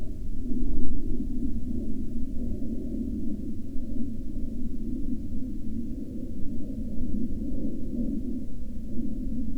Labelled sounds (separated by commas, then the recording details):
aircraft
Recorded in the Prudhoe Bay oil fields, Alaska, on 26 July 2019 at 14:50
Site 13